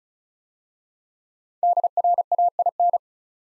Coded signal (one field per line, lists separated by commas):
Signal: Morse code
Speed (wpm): 36 wpm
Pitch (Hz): 700 Hz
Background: none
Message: DRAIN